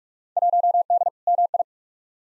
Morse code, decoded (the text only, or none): 1D MI